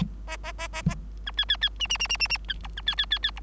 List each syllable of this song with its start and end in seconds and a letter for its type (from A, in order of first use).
0.27-0.37 A, 0.43-0.52 A, 0.58-0.68 A, 0.73-0.82 A, 0.87-0.95 A, 1.26-1.31 B, 1.37-1.45 C, 1.48-1.56 C, 1.61-1.69 C, 1.79-1.88 D, 1.89-1.97 D, 1.99-2.08 D, 2.09-2.17 D, 2.19-2.28 D, 2.29-2.38 D, 2.48-2.54 B, 2.63-2.68 E, 2.77-2.81 B, 2.86-2.95 C, 2.97-3.06 C, 3.10-3.19 C, 3.23-3.31 C, 3.36-3.40 E